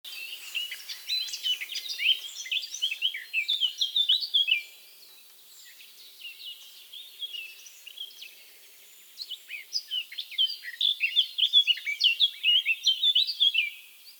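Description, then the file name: Eurasian blackcap song: two loud bursts of rapid, varied warbling with clear whistled notes, separated by a quieter passage of faint scratchy notes. "Sylvia atricapilla"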